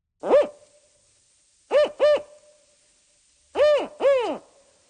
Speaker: That is the call of a northern spotted owl, an endangered species that was detected in BC's wild in 2023.